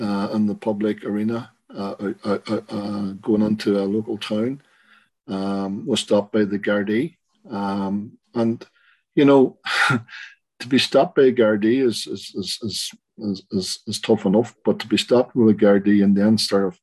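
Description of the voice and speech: An adult man's conversational speech after a stroke, with resulting aphasia. Slow and halting, with long pauses, drawn-out 'um' fillers and a run of one word repeated about ten times before he moves on. The word-finding hesitation and repetition fit aphasia.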